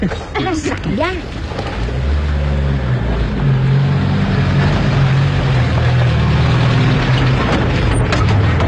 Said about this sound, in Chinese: 这时候一阵汽车喇叭响，大家都以为检查团来了。 来了，乡里吉普车来了， 检查团来了